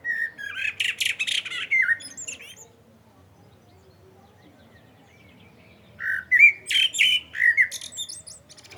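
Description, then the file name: Common blackbird song: two phrases of warbled whistles mixed with high scratchy twittering, separated by a three-second quiet spell. "Turdus merula"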